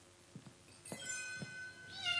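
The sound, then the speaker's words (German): A young kitten outside a door meows in thin, high-pitched, plaintive cries, a few short mews followed by a longer, wavering one that rises at the end, fairly soft with no voices. “Die Katze muss vor der Tür sitzen.”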